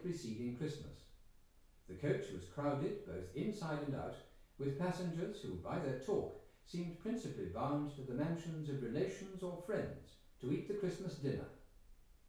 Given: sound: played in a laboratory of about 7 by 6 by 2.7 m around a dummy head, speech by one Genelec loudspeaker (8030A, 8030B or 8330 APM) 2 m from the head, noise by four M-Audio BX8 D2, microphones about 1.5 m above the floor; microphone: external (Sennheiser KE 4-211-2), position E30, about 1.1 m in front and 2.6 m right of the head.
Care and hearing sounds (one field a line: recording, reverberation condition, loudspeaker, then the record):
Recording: male speech in English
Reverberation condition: medium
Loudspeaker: 30 degrees to the right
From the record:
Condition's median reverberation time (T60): about 510 ms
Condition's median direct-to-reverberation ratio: about -0.5 dB